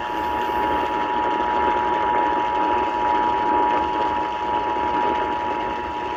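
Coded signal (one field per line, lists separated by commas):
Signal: Emergency Alert System (SAME) tones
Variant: 853 and 960 Hz attention tone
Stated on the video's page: EAS tests received on WLS.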